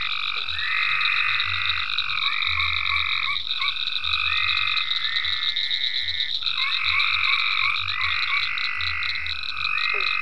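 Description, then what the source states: Frogs in full chorus, several callers giving drawn-out trills in overlapping turns, a continuous high buzz behind and deep pulsed croaks beneath. Several frogs in ponds at Venaura farm, recorded 27 May 2010.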